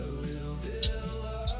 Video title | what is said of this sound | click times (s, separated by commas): Q’Straint vs EZ-Lock: How To Secure a Powerchair in a Wheelchair Van | I should be able to center and lock myself in. You can hear it. | 0.8 s, 1.5 s